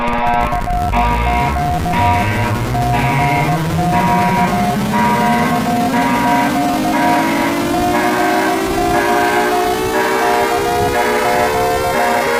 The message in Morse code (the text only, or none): CQ CQ CQ CQ CQ